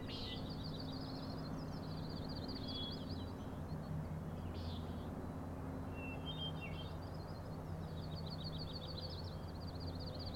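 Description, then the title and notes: Common nighthawk rattles, high rapid ticking series repeated several times, with short buzzy peent notes between, over a steady low hum. Three birds, June 16 2017, 4am, Schoodic Head overlook, Acadia National Park, Winter Harbor, Maine; flying in close formation, peenting and rattling. "Common Nighthawks, Schoodic Head 061617 4am. 3 common nighthawks making peenting calls and wings booms but also a rattling noise at the Overlook (410 ft) on Schoodic Head (435 feet) Schoodic division Acadia National Park Winter Harbor, ME"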